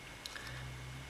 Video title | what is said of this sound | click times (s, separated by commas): Крышка аккумуляторного отсека экшн камеры-ремонт своими руками идеи | Данный зацеп прошел благополучно. | 0.3 s